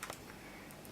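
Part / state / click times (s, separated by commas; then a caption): fan cable plug into laptop motherboard socket / seated / 0.0 s. The cooling fan's cable plug, red wire on the left, is pushed into its socket on the motherboard of a Samsung NP550 notebook computer. It snaps straight into place with a sharp click at 0.0 s, followed by a smaller tick at 0.1 s and faint ticks near 0.7 s and 0.9 s. The connector is seated.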